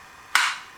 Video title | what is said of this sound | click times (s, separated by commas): Concealed Carry | your weapon and this it clicks into place like that | 0.4 s